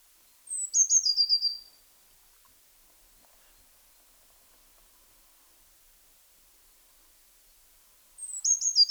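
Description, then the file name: Eurasian blue tit call: a thin high note leading into a quick trill of notes. The phrase is given twice, about seven seconds apart, with silence between, the second at the very end. "Cyanistes caeruleus"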